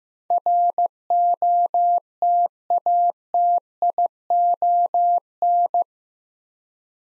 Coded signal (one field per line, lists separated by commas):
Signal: Morse code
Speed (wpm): 15 wpm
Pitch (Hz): 700 Hz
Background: none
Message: ROTATION